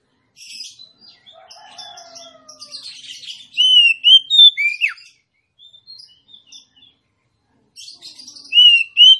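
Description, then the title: Oriental magpie-robin song: scratchy twitters and a thin descending note lead into loud clear whistles with a sharp downslur, then softer chips before the phrase returns. Female Oriental magpie-robin song, used to lure a male that has stopped singing into singing and fighting within minutes. "Kacer Langsung Tarung Konslet KACER NGOTOT FULL TEMBAKAN. Suara kacer betinamemancing kacer jantan yg macet bunyi"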